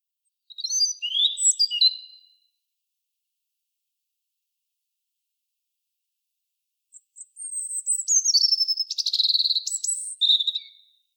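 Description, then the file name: European robin: a short high phrase, then after a long pause a longer, varied phrase of high whistles and trills. "Erithacus rubecula"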